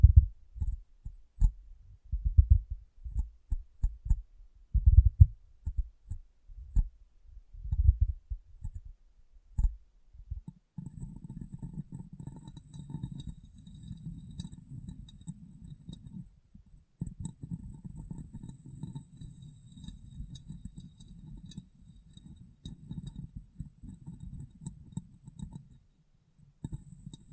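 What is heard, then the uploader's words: Glass being tapped and cleaned. The first ten seconds bring separate low, dull taps at an uneven pace. After that comes a steady, murmuring rub, like cloth wiping glass, with faint ticks and a brief gap near seventeen seconds. ASMR Glass Brain Tapping & Cleaning (No Talking).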